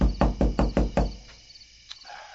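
Five firm knocks on a wooden door at night in a quick, even rhythm, each a solid low thud, followed by a faint trailing tap and quiet.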